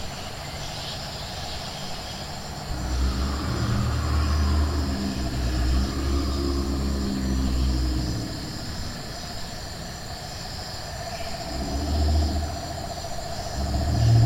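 Nocturnal animals: a steady, thin, high-pitched chorus, like insects, holds throughout. Beneath it, a low engine-like rumble swells from about 3 to 8 seconds, eases off, then returns more strongly from around 12 seconds to the end.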